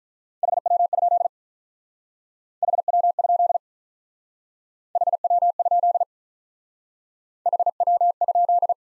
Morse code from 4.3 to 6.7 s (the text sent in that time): HW?